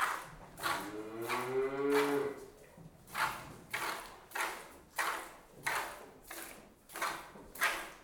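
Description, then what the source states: Cow letting out one sustained moo near the start, amid rhythmic hissing squirts of milk into a pail. Cow being hand milked.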